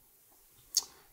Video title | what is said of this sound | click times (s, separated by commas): Gemini 2 Tutorial Series 03: Replace Battery and microSD Card in your Gemini | i'm going to push this forward to lock it back into place you should hear a little click | 0.8 s